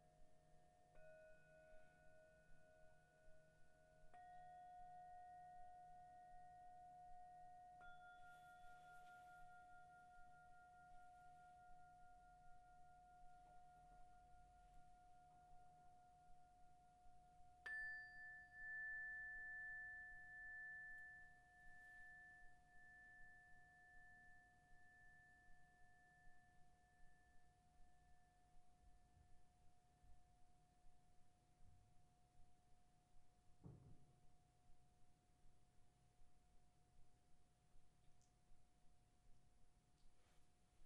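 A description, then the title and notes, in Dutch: Singing bowls ring in long, steady tones that overlap and hang for many seconds, with a strong middle pitch held throughout. A new, higher bowl is struck near 18 seconds and fades slowly, and a soft knock lands around 34 seconds over a low, faint hum. Het is vooral een ontspannende meditatie met klankschalen en gong.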